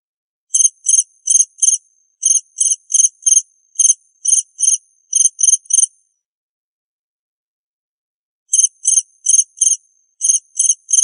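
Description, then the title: Cricket giving rapid, high chirps in a long burst, then a silence of over two seconds before the chirping resumes. "suara Hujan Guntur Suara Jangkrik Dan Burung"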